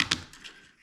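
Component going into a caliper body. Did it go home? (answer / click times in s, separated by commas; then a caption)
no / none. A part of a cheap caliper that was not fully inserted is being pushed further into the caliper body. Two sharp handling taps come near the start, followed by a softer knock and fading rustle. Nothing has seated or clicked into place yet.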